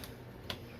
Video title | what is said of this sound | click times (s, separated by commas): How To REPLACE The Dishwasher #replacing #dishwashers #howtoreplace #Home #kitchen #equipment | it just clicks right in. | 0.5 s